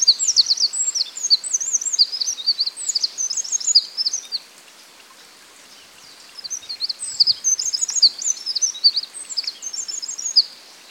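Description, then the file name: Eurasian wren song: fast, high, tinkling outpourings of sharp notes in two long bursts separated by a quiet gap of about two seconds. "Troglodytes troglodytes"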